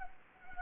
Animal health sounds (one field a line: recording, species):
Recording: mosquito wingbeat signal from an infrared sensor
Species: Anopheles gambiae